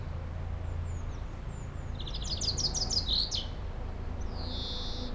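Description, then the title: Common chaffinch song: a rapid descending series of bright notes ending in a short flourish, preceded by faint high chirps and followed by a brief high note, over a low steady hum. Singing in a tree while preening, 30 Rue Eugène Fert, Aix-les-Bains, France; faint Sierroz stream in background. "30 Rue Eugène Fert, Aix-les-Bains, France - Pinson des arbres"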